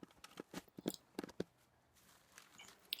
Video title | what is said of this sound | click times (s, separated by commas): Enviro Septic Installation | locates and locks in place like a cable tie | 0.2 s, 0.9 s, 1.2 s, 1.4 s, 2.4 s, 2.9 s